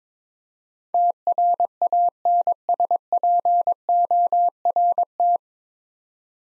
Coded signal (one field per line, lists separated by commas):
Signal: Morse code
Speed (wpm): 21 wpm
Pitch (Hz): 700 Hz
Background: none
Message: TRANSPORT